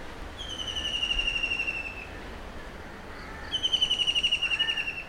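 White-throated kingfisher call: a long, descending whinnying trill of rapid notes, given twice, over steady background hiss.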